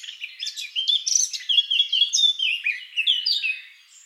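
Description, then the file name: Eurasian blackcap song: a lively, continuous warble of rich fluting and scratchy notes, steady and loud throughout, tailing off at the close. "Sylvia atricapilla"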